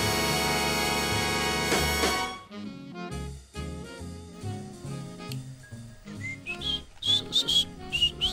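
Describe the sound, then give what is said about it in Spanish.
A pop instrumental track by a Space Age Pop-era orchestra opens with a dense, full-band swell, then settles into bouncy bass and chords as a bright, high whistled melody enters, climbing in short, piercing phrases. “¿Ahí está chiflando usted?”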